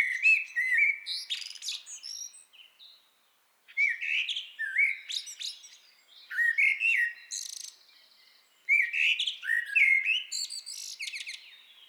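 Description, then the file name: Eurasian blackbird giving repeated song phrases: fluty, melodious warbles, each finishing with a burst of high, scratchy twittering, separated by short silences. "Turdus merula"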